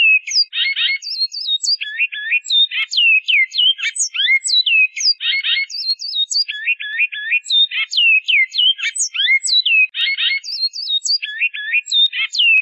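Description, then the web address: Great-billed seed finch song: a busy phrase of bright slurred whistles and short buzzy notes, repeated several times in a steady pattern. "cantos asdeouro"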